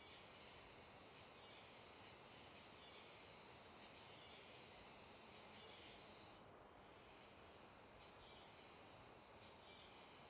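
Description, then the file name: Cicada producing a piercing high-pitched drone with repeated pulsing bursts, set against a constant hissing, rushing background. Cicada with an unusual, different-sounding call, recorded on a riverbank. "Cigarra com Som Diferente na Beira do Rio"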